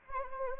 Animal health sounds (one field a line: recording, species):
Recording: mosquito wingbeat signal from an infrared sensor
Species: Anopheles arabiensis